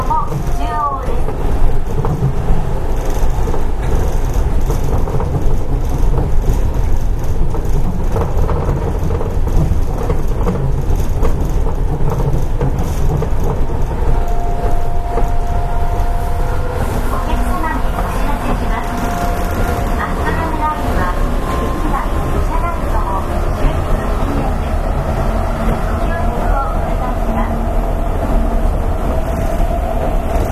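A train runs steadily, heard from inside the car, with a constant low rumble and rolling noise throughout. Around fifteen seconds a high motor whine rises and shifts in pitch, and faint voices sit in the background.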